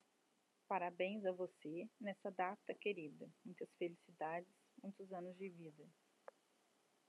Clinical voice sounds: short text; Brazilian Portuguese; female; 30 to 39 years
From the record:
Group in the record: control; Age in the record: 33 years

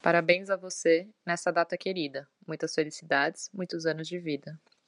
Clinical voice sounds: short text; Brazilian Portuguese; female; 20 to 29 years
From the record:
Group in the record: control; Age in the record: 25 years

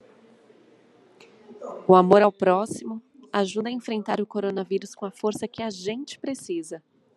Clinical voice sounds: spoken sentence; Brazilian Portuguese; female; 30 to 39 years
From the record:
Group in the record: control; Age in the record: 33 years

